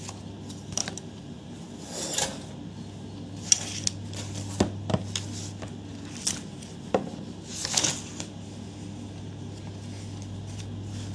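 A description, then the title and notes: Quiet desk sounds: short papery rustles and scratchy strokes, like a pencil or a page turning, come every second or two, with a few sharp taps and clicks between them. A low, steady hum runs underneath throughout. No music, pencil ASMR, page turning, typing.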